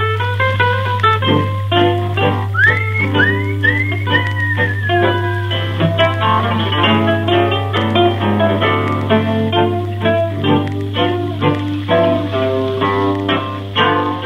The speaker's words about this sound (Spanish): Démosle entonces cuerda a la Victrola, pongamos el disco de pasta con … y escuchémoslo así